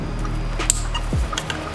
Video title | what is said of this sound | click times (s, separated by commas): How To Change Spark Plugs on the VW 2.5 Engine and What Spark Plugs You Should be Using | Hear the click. That way you know it's seated properly. | 0.7 s